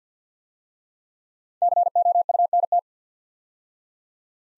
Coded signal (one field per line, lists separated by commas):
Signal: Morse code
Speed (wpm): 52 wpm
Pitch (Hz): 700 Hz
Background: none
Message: COUNT